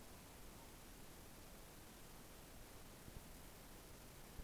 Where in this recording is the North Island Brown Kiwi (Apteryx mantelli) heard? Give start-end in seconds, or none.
none